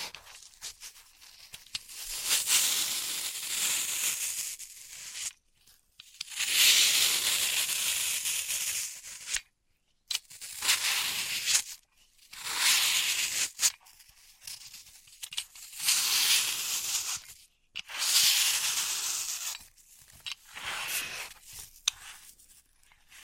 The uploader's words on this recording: Dry vs Wet Floral Foam Tapping, Cutting and Crushing. (No Talking).